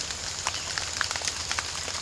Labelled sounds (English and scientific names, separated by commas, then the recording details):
none
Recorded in pastures near Puerto Asís, Putumayo, Colombia, on 27 June 2025 at 06:00
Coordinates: 0.497, -76.327
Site G040